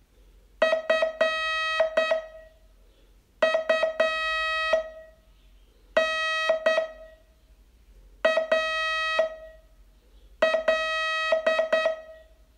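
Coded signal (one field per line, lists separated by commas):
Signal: Morse code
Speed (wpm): 9 wpm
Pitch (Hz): 1900 Hz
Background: none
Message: FUNAL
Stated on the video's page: Morse training lesson, day 26 of a 42-day course.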